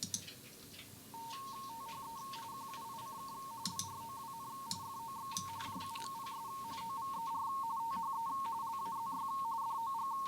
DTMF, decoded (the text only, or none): none